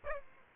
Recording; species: mosquito wingbeat signal from an infrared sensor; Aedes aegypti